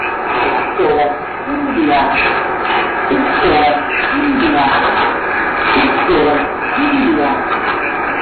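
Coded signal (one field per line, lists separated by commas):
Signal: numbers station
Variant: G16, German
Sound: short spoken words, likely numbers, repeated at intervals through heavy hissy radio noise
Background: radio static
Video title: Zahlensender/Number Station "G16" ("Victor India") (BRD/FRG) (BND) (11/1988 - 06/1999)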